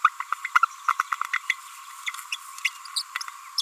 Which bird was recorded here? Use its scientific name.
Forpus passerinus